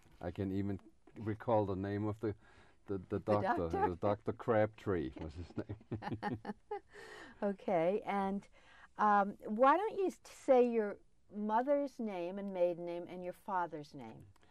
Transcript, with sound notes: I can even recall the name of the---the doctor---
The doctor?
Dr. Crabtree was his name [Laughs]
Okay. And why don't you say your mother's name and maiden name and your father's name.